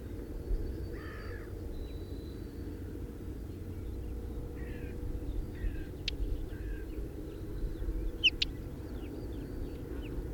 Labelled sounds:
Whinchat call
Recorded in the wild
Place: Schwedt, Brandenburg, DE
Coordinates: 53.061, 14.224
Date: 1971-06-26
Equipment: Nagra III BH, Sennheiser MD 21, parabola
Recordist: Schubert, Michael

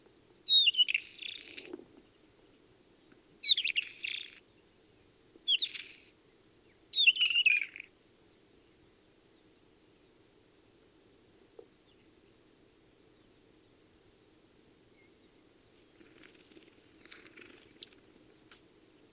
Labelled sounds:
Isabelline Shrike
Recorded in the wild
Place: Wüste Gobi, MN
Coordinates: 42.94, 105.082
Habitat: Desert
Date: 1979-06-02 04:55
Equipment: Nagra III BH, Sennheiser MD 21, parabola
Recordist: Schubert, Michael
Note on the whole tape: Gesang und Rufe Isabellsteinschmätzer (im Sitzen)

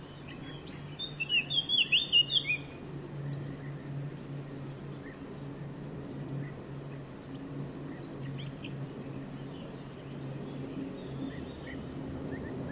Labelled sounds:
Eurasian Blackcap song
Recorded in the wild
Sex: male
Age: adult
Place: Tiuccia, Corsica, FR
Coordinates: 42.0844, 8.75111
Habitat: macchia
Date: 2011-07-18 13:57
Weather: sunny, 30°C, light to moderate westerly winds
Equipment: Fostex FR2-LE, Sennheiser ME66, Popschutz
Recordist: Frommolt, Karl-Heinz

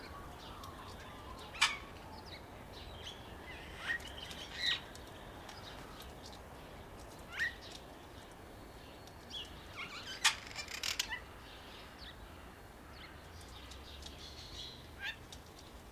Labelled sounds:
Crested Oropendola
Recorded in captivity
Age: adult
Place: Zoo Berlin, Berlin, DE
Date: 1998-03-21 10:57
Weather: fair, ca. 0°C
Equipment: Nagra SN, Kopie Uher 4000 Report Monitor
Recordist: Tembrock, Günter

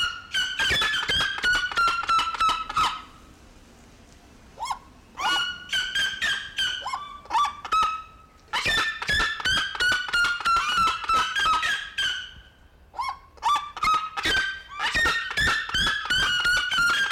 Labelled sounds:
Black-legged Seriema call
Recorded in captivity
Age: adult
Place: Zoo Berlin, Berlin, DE
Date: 1992-12-05 11:29
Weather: schwach sonnig, ca. 4°C
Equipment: Marantz CP 430, Sennheiser ME 80, Kopie Tesla B 116
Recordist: Tembrock, Günter

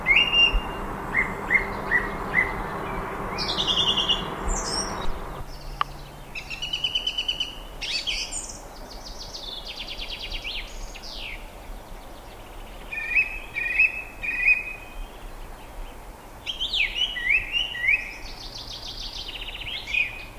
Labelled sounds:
Song Thrush song
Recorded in the wild
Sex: male
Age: adult
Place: Gößweinstein, Fränkische Schweiz, Bayern, DE
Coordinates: 49.775, 11.3403
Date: 1962-06-12
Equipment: Stellavox SM 5, Original, Vollspur
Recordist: Tretzel, Erwin
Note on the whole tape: Gößweinstein, Auffahrt. Männchen: Gesang

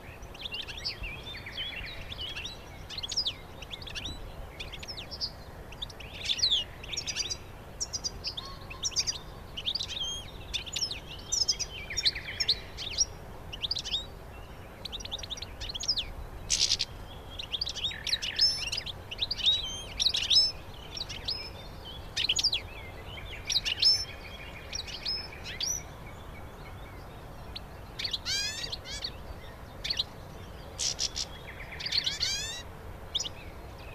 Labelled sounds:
European Goldfinch song
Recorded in the wild
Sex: group
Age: adult
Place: Hobrechtsfelder Rieselfelder, Naturpark Barnim, Berlin, DE
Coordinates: 52.667, 13.4715
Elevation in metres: 60
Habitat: meadow
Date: 2014-04-19
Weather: cloudy, almost windless, 5°C
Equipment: Sound Devices 702, Sennheiser MKH 70, Rycote Windschutz
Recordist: Frommolt, Karl-Heinz

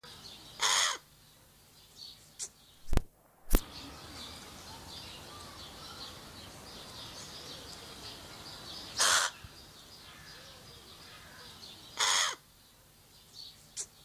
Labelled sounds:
Pied Crow call
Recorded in captivity
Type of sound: call
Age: adult
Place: Zoo Berlin, Berlin, DE
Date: 2003-06-27 16:50
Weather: fair, 25°C
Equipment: Fair Mate ST-1328 (Asahi Electronics, Japan), Sennheiser ME 80, Kopie Uher 4000 Report Monitor
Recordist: Tembrock, Günter
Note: Kurzlaute am Gitter

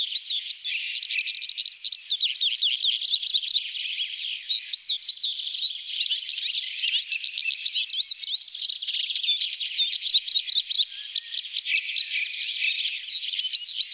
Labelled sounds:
Eurasian Siskin song
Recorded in the wild
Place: Kandel /Schwarzwald; Waldkirch, Baden-Württemberg, DE
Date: 1985-05-15
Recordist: Schwarz, Dieter
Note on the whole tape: Song

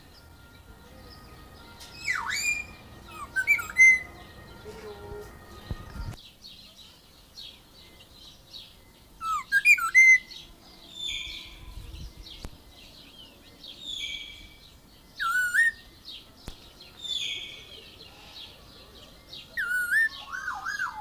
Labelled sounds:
Grey-sided Laughingthrush call
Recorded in captivity
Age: adult
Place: Zoo Halle, Sachsen-Anhalt, DE
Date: 2002-06-17 14:45
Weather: sunny, 27°C
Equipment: Nagra SN, Kopie Uher 4000 Report Monitor
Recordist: Tembrock, Günter

